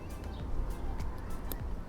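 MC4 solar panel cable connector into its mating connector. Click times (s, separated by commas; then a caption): 1.5 s. Two halves of an MC4 solar panel cable connector, part of a solar install on a Mercedes Sprinter camper van, are pushed together against low-frequency background rumble and noise. A short, sharp click at 1.5 s marks the locking clips catching, and the connector is seated.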